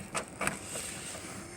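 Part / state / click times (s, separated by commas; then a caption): grille light connector into vehicle harness plug / seated / 0.5 s. On a 2018 F150 STX grille light install, the second grille light connector is joined to the vehicle harness plug by reaching up behind the grille. A faint tick comes first, then a sharp click at 0.5 s as the connector snaps home by itself without the tab being pushed, and it is confirmed seated.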